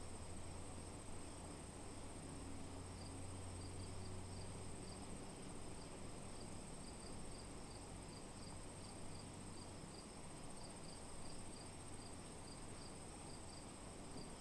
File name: crickets day ext light high frequency bg city hum